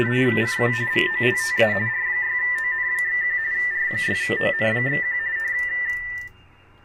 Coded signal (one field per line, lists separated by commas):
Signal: RTTY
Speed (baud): 45.45 baud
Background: speech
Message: CQ VOLTA R6ON/1 R6ON/1